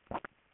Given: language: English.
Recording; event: throat vibration sensor signal played as sound; swallow